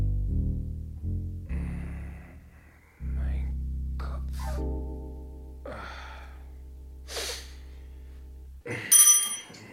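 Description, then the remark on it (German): A small service bell is rung several times to summon a servant, bright metallic dings spaced a second or so apart over a steady low droning tone, ending with a sharp breathy gasp. “Haben geklingelt?”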